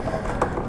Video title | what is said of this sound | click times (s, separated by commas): Grabe Ganda ng Bagong Yamaha Mio Sporty Cyan 2021 Own The Culture | na yan pag binunot mo to yan naka-lock na yyung manibela So | 0.4 s